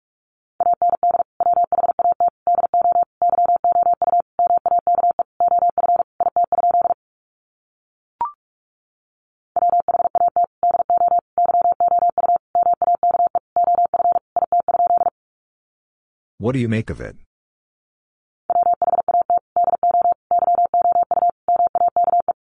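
Morse code sent as a steady mid-pitched beep, keyed in rapid dots and dashes in three long runs separated by pauses. A single short blip sounds near eight seconds, and around sixteen seconds a brief rough, hissy burst breaks in before the beeping resumes.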